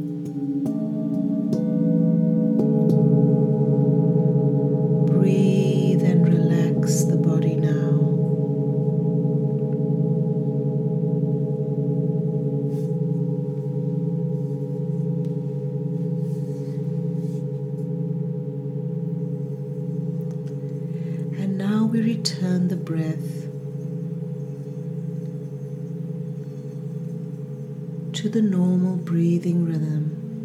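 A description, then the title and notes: Ancient singing bowls ring with a sustained, layered drone, several steady low and middle tones holding throughout with a slow pulsing shimmer. Fresh strikes or rubs add bright, rattling bursts around 5–8 seconds, again near 21–23 seconds and at about 28 seconds. The sound from the ancient singing bowls.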